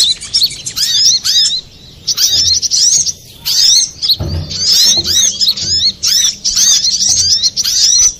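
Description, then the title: High, sharp little spiderhunter chirps tumble in quick phrases separated by brief gaps, with soft low knocks in the background. Used to train cage birds; Indonesian name sogok ontong, labelled labaik. "Masteran Burung Sogok Ontong Labaik"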